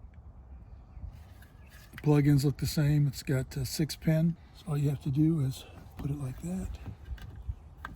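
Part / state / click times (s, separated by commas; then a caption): six-pin wiring harness connector into power window switch / seated / 7.8 s. Someone talks while a six-pin wiring harness connector is pushed onto a new plastic power window switch, a dealer part for the front passenger window of a Dodge Ram. A sharp click at 7.9 s shows the connector is seated in the switch.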